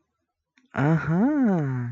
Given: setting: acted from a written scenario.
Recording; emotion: vocal sound without words; interest